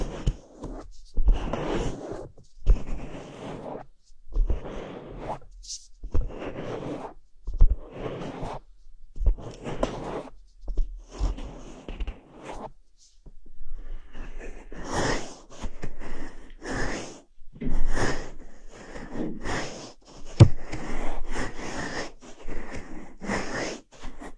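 Ear cleaning with a fluffy bonten, heard as repeated soft, scratchy brushing strokes about once every one to two seconds. After about fifteen seconds the strokes come faster, crisper and more crowded together. A faint low hum runs underneath throughout.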